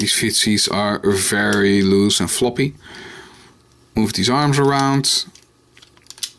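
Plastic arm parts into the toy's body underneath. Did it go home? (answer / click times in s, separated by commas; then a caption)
yes / 6.1 s, 6.2 s. Someone talks while transforming a plastic toy robot into a car, moving its loose, floppy arms around and pushing the plastic arm parts into the toy's body underneath. Faint handling rattles follow, then sharp clicks at 6.1 and 6.2 seconds as the parts lock into place underneath.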